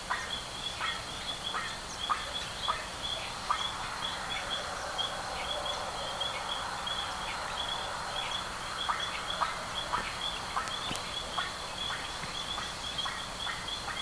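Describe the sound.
Bird calls, brief repeated notes scattered through the recording, with other faint chirps and a constant high-pitched background drone.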